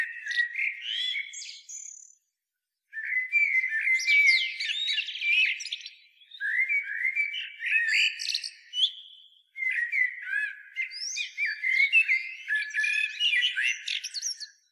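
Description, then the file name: Eurasian blackbird with several bursts of song, fluting phrases mixed with high, squeaky, chattering notes, with brief silences between. "Turdus merula"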